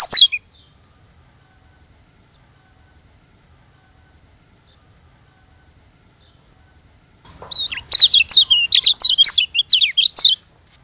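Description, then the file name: White-eye song: one sharp high note, a long quiet gap, then a rapid three-second jumble of high, sweet twittering notes. Lombok. "audio burung kecial lombok"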